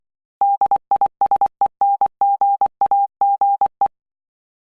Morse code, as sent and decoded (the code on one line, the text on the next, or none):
-.. .. ... . -. --. .- --. .
DISENGAGE